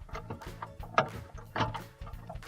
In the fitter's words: Now that that's locked into place we can put our screws back in.